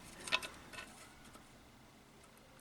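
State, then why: Seated. The end fitting of an oil strainer screen is pushed into the oil pickup housing of a Yamaha XV 500 Virago motorcycle engine, lined up by a locating tab. A short, sharp click at 0.3 s shows it has seated in place so it cannot spin around. A few faint ticks and light handling noise follow, with a small tick at the very end.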